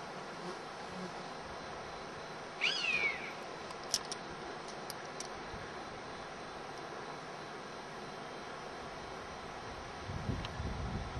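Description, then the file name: European honey buzzard call, one brief whistled note falling in pitch, followed by faint clicks and a low rumble near the end. Anger calls; Hexhamshire, 10 July 2006. "hb hexhamshire 10 july 2006 anger calls"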